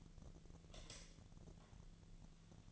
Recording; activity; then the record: daily activity, microphone in the room; light off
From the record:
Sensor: 4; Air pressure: 1010.6 hPa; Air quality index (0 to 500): 173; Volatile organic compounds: 5 ppm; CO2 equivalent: 1756 ppm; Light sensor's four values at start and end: 37/107/43/43 and 37/106/42/43